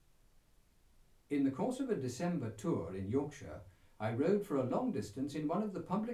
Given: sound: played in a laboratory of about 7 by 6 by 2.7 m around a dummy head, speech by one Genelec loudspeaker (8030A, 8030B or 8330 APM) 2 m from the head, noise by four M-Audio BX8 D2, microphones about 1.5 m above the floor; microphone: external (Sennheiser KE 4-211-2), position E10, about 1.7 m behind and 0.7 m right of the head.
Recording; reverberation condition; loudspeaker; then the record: male speech in English; low; 120 degrees to the left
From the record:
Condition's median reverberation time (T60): about 310 ms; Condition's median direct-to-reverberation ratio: about 3.5 dB